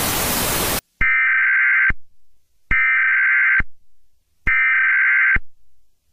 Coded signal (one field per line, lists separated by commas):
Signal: Emergency Alert System (SAME) tones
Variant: header bursts